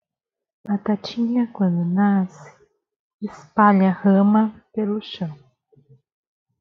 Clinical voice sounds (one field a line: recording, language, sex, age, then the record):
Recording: short text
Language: Brazilian Portuguese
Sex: female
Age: 30 to 39 years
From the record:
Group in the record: control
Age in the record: 35 years